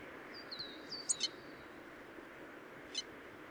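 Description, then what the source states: Citril finch calls: a few short, thin, high notes with slurred glides, then a lone call after a pause, over steady background hiss. Recorded 26 April 2014 at Wank (GAR) by Michle Pron.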